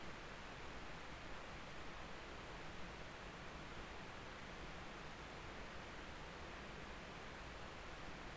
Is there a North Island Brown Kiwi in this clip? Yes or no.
no